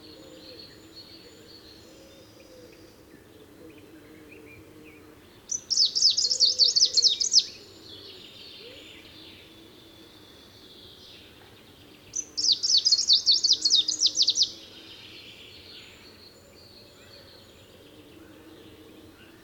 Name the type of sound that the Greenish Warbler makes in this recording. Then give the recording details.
song. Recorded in the wild. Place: Sassnitz, Insel Rügen, Mecklenburg-Vorpommern, DE. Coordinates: 54.565, 13.615. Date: 1978-05-31. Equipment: Nagra III BH, Sennheiser MD 21, parabola. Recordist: Schubert, Michael